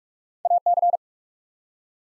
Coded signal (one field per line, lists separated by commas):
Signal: Morse code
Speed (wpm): 44 wpm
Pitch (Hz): 700 Hz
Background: none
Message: AC